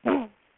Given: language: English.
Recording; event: throat vibration sensor signal played as sound; throat clearing